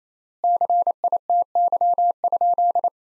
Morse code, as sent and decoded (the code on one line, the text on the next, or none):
-.-. .. - -.-- ..--..
CITY?